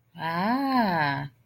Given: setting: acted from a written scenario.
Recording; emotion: vocal sound without words; realization